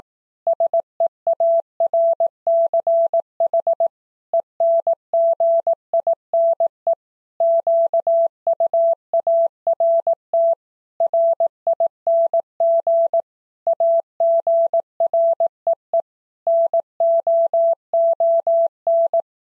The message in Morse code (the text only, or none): SEARCH ENGINE QUART RING AGREE NOON